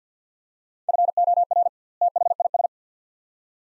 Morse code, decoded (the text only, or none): FOR THIS